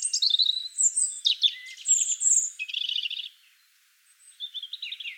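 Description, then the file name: European robin singing varied high, sparkling phrases of trills and thin whistles, then a short silence before a softer closing phrase. "Erithacus rubecula"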